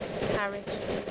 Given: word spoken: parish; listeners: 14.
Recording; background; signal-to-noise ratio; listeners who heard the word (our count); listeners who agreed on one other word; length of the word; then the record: one English word in noise, from a listening test; noise modulated by three-talker babble; -3.3 dB; 5 of 14; 6 of 14; 0.71 s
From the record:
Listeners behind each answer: 6, 5, 1, 1, 1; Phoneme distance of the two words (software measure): 20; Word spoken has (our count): 2 syllables, 5 phonemes, stress on syllable 1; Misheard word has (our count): 2 syllables, 5 phonemes, stress on syllable 1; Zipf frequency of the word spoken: 3.94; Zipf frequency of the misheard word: 3.98